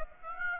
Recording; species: mosquito wingbeat signal from an infrared sensor; Aedes aegypti